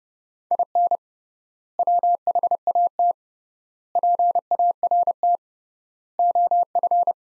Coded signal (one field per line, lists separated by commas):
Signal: Morse code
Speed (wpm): 30 wpm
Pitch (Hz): 700 Hz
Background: none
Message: IN WHAT PART OF